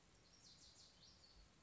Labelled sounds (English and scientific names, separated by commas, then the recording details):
Lazuli Bunting (Passerina amoena)
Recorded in Sonoma County, California